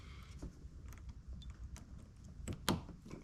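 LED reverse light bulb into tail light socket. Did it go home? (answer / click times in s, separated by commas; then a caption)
yes / 2.7 s. A new LASFIT LED reverse light bulb, just taken out of its package, is pushed into the tail light socket of a Toyota RAV4. After a few faint ticks and handling noises, a sharp click at 2.7 s marks the bulb popping into place, and it is seated.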